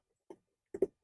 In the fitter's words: and then we push the inner side up so it locks into place.